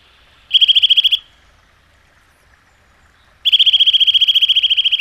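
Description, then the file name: Eurasian nuthatch: a short rapid trill of repeated whistled notes, a silent gap, then a longer fast trill at the same steady pitch. "csuszka"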